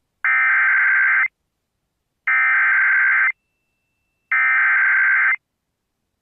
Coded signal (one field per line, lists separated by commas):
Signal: Emergency Alert System (SAME) tones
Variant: header bursts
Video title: I forgor to upload this SVR I got. (EAS #110)